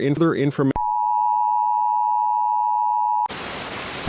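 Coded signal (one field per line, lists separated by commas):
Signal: Emergency Alert System (SAME) tones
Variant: 853 and 960 Hz attention tone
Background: speech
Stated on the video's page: Teaser for a fictional EAS scenario.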